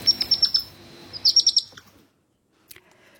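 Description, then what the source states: European hedgehog young calling: thin, high-pitched peeps in two quick bursts of several notes, then silence and a brief soft sound. Call of a young hedgehog (hoglet).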